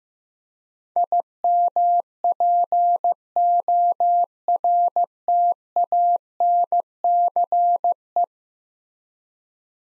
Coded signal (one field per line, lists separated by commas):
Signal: Morse code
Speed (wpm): 15 wpm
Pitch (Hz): 700 Hz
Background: none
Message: IMPORTANCE